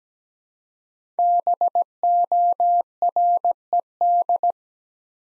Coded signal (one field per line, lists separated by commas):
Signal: Morse code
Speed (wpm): 17 wpm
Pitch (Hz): 700 Hz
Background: none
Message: BORED